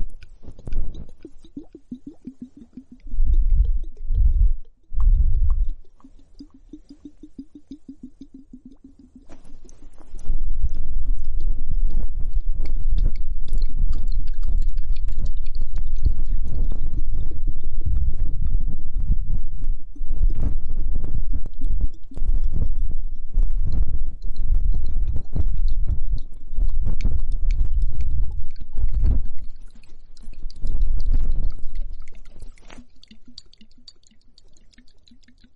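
Foamy hourglass bubble sounds with a soft, low, gurgling rumble. The first ten seconds are quieter, with a low hum and a few louder pops near three and five seconds. From about ten seconds the fizzing and bubbling grows louder and denser, with frequent crackles until the end.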